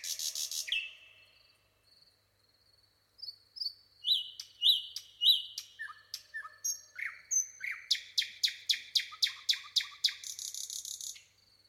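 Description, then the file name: Common nightingale song beginning with a buzzy note, then whistled phrases and a long series of loud repeated chirps ending in a rasping trill. "Luscinia megarhynchos"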